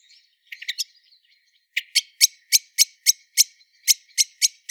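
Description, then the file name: Eurasian blackbird calls: a few quieter chinks, then a series of loud, sharp metallic notes. "Turdus merula"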